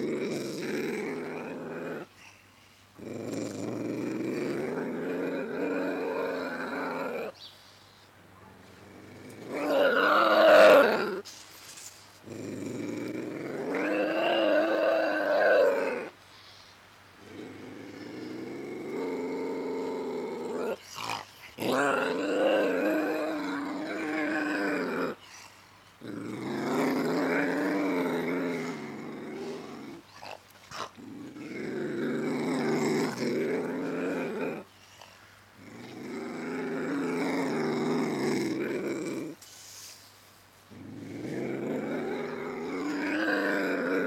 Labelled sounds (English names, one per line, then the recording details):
Ocelot
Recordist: Tembrock, Günter